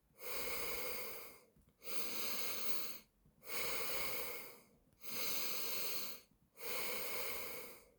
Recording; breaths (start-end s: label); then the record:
nose breathing near a microphone
0.00-1.45 s: exhalation
1.45-3.15 s: inhalation
3.15-4.60 s: exhalation
4.60-6.20 s: inhalation
6.20-7.95 s: exhalation
From the record:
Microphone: phone